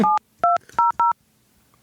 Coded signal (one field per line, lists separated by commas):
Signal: DTMF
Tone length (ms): 140 ms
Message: 7200